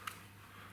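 A plastic retaining clip on the rim of an ear pad is pushed under the plastic insert inside the ear cup of an MDR-1000X / WH-1000XM2 headphone. A single short, sharp click sounds at 0.1 s over a low steady hum, and the clip is seated.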